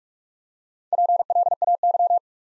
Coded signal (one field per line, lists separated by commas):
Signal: Morse code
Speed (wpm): 46 wpm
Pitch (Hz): 700 Hz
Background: none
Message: PLAY